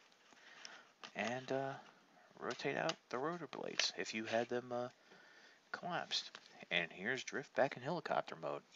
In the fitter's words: and press him down so he everything clicks into place